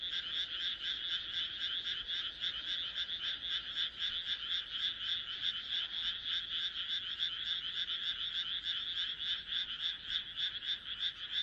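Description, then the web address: Frog croaking in rapid, steady pulses across the whole stretch. "kaeru kaeru"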